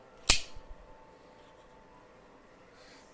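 A folding blade lock in a pocket knife handle is released by firmly pushing the release button, giving a sharp, bright click at 0.3 s as the lock lets go and the blade is folded. A couple of softer knocks follow at about 0.6 s and 0.7 s, then near silence.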